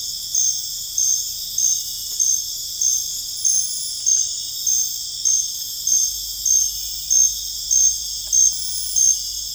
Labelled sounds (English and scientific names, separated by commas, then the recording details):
none
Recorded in dense forest near Puerto Asís, Putumayo, Colombia, on 20 December 2024 at 22:30
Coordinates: 0.484, -76.325
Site G056